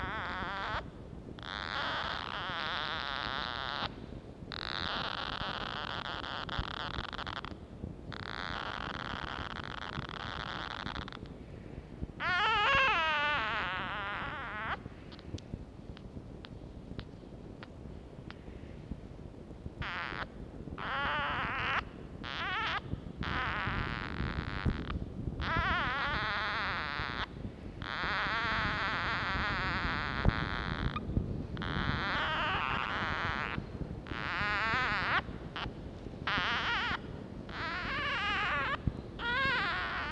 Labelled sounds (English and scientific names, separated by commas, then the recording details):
Red Fox (Vulpes vulpes)
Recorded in captivity
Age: juvenile
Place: Zoologisches Institut der HUB, Berlin, DE
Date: 1952-04-25 16:45
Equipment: Elmetra
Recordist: Tembrock, Günter